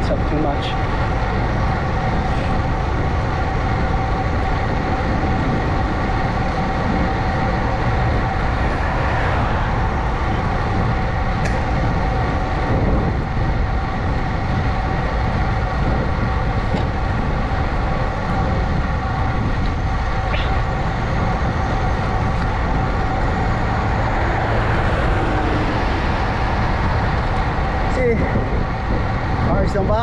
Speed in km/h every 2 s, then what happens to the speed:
29, 29, 29, 29, 27, 27, 27, 27, 27, 29, 29, 29, 27, 29, 27.
0-30 steady at about 29.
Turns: none.